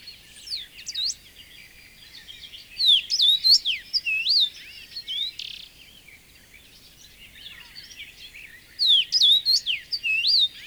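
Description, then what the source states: Common rosefinch song, two loud whistled phrases of swooping clear notes about six seconds apart, with quieter chirping before and between them. Found in suitable shrubland across southern and central Finland; fairly rare 20-30 years earlier.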